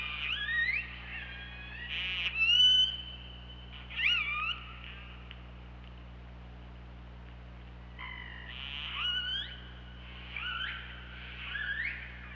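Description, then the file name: Killer whale calls in short bursts: upswept squeals and pulsed, buzzy tones, with quiet gaps between groups and a constant low hum beneath. Recorded by OrcaLab hydrophone on 24 August 2017 at 23:34. "Orca Lab UTLN JASON 20170824 233450"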